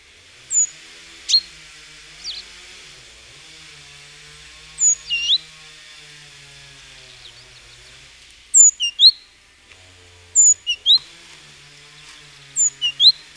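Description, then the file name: Great tit calls: short, sharp high chirps in loose clusters of two or three notes, with quiet gaps between groups and a faint low hum underneath. "Parus major"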